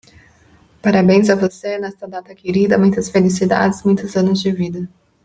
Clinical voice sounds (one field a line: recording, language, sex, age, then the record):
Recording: short text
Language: Brazilian Portuguese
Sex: female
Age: 30 to 39 years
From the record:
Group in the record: control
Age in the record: 30 years